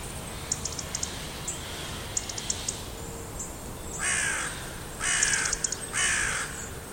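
Bird calling three rough, grating caws about one second apart, after a stretch of soft high clicks and ticks, with a faint steady hum underneath.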